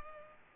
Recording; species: mosquito wingbeat signal from an infrared sensor; Culex pipiens